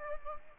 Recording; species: mosquito wingbeat signal from an infrared sensor; Aedes aegypti